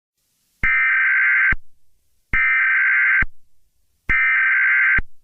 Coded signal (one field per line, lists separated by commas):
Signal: Emergency Alert System (SAME) tones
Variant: header bursts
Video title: EAS Mock scenario: The Hunted